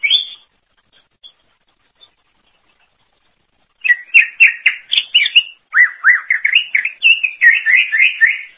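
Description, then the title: Greater green leafbird song: a brief whistled note, a pause with a few faint notes, then a rapid stream of varied chirping and warbling phrases, high and rich, with no other sounds. "Cucak ijo"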